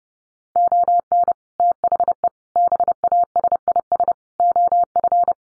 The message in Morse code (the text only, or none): ON THE BASIS OF